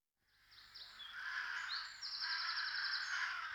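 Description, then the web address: Rook calls fading in from silence into rough, continuous hoarse cawing, with a fast high trill and scattered chirps over it. "Przyroda Ptaki Gawron"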